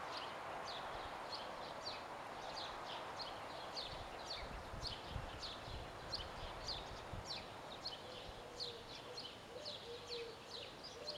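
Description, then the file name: Great tit calls: dense, repeated high chips continuing for eleven seconds over a background hiss, with a faint low call near the end. "Parus major"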